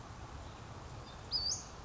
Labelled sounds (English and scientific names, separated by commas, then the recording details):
Western Flycatcher (Empidonax difficilis)
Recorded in Sonoma County, California